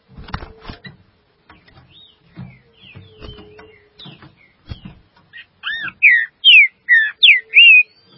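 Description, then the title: Green-winged saltator: clattering and rustling noises come first, then a short phrase of loud, slurred whistled notes. "Trinca Ferro"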